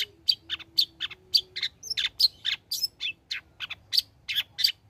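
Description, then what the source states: Long-tailed shrike giving a steady series of harsh, buzzy chips, several each second, over a faint low hum. Bird described as singing actively (gacor); recording made as tutor song (masteran) for training songbirds.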